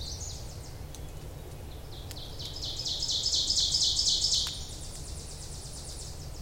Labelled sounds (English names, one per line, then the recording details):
Ovenbird song
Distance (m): 20 m
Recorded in boreal forest in Alberta, Canada, on 26 May 2016 at 08:00
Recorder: SongMeter 3, array SBT-3-15
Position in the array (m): 52 m, 221 m
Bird 20